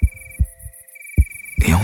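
A normal heartbeat, low thumping beats with steady tones and a faint hum in the background, as heard by the little drum in a children's story when it closes its eyes and listens to its heart beating.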